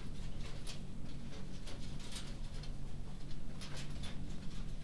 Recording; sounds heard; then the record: poultry house recording; no chicken sound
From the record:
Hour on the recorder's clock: 23